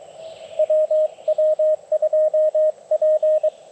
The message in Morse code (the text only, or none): WW2P